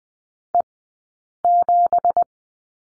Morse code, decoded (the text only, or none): E7